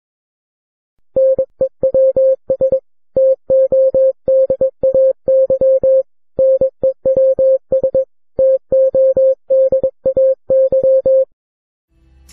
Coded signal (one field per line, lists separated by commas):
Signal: Morse code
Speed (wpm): 23 wpm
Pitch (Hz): 530 Hz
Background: music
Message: NEWS TODAY NEWS TODAY